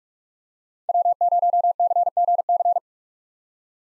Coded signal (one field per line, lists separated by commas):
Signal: Morse code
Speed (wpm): 44 wpm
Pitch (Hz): 700 Hz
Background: none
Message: W0CGC